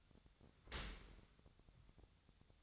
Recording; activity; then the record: daily activity, microphone in the room; open dishwasher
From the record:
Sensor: 3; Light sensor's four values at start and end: 11/25/10/10 and 11/25/10/10